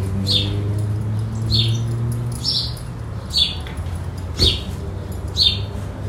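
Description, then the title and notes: Birds giving clear high chirps about once a second, each short and slightly falling, with a low hum and a brief thump. Birds in a field among araucaria trees, the region's typical vegetation, in an area away from the city, R. Antonio José Pilatti, Bairro Vederti, Chapecó, Santa Catarina, Brazil. "R. Antonio José Pilatti, 53-Bairro Vederti, Chapecó - SC, 89808-758, Brasil - Pássaros no campo. pássaros em uma área afastada da cidade entre araucárias, que representam a vegetação da região"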